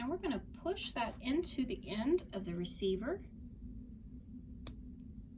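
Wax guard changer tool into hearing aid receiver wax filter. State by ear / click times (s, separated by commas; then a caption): seated / 4.7 s. Someone talks, then the empty barbed end of a wax guard changer tool is pushed into the end of a hearing aid receiver until it engages the old wax filter. A single sharp click is heard at 4.7 s as the tool seats and stands up by itself.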